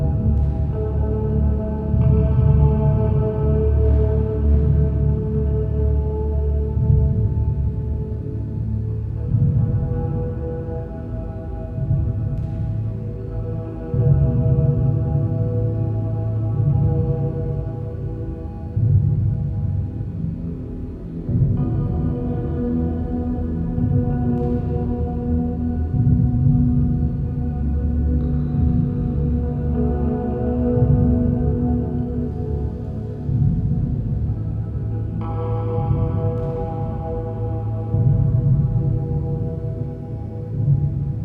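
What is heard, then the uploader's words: A sound bath drone resonating in A holds steady and dense for the whole stretch, with a deep low hum and layered ringing overtones like bowls or a gong. Soft struck swells bloom every few seconds, near 2, 12, 22, 28 and 35 seconds. A 432Hz relaxing ambient drone sound bath resonating in A and the brow chakra. The sound bath is created using a combination of sound frequencies, including a drone sound that is tuned to 432Hz.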